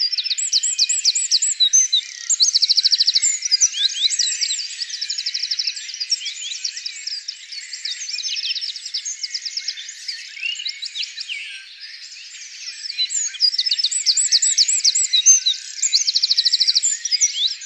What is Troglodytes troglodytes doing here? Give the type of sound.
song